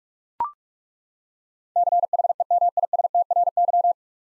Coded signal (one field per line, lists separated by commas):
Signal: Morse code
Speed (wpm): 41 wpm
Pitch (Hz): 700 Hz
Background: none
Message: CHEMISTRY